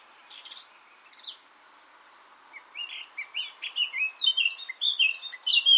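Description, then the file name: Eurasian blackcap song: a few soft scratchy notes at first, then a rapid warble of varied, fluty whistled notes that grows steadily louder toward the end. "Sylvia atricapilla"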